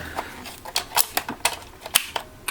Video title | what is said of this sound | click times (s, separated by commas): GI JOE Rise Of Cobra- Cobra Gunship & Firefly Set Review | right there like so until you hear a click | 0.8 s, 1.5 s